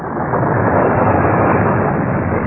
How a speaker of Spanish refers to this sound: Lo dicho, ya está la tormenta sobre nosotros. Vaya manera de llover. Difícilmente se puede mirar la carretera.